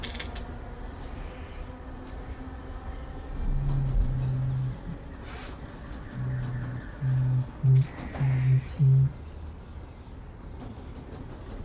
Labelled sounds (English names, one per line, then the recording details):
Crested Oropendola call
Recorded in captivity
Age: adult
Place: Zoo Berlin, Berlin, DE
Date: 1994-04-02 11:52
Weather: wolkig bis heiter, 8-10°C
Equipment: Marantz CP 430, Sennheiser ME 80, Kopie Uher Variocord 263
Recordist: Tembrock, Günter